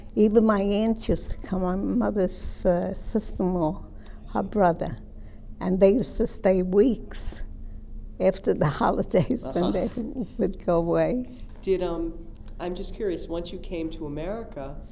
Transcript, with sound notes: Even my aunt used to come, my mother's sister‑ in‑law, her brothers and they used to stay weeks after the holidays (she laughs) and then they would go away.
Did, I'm just curious, once you came to America,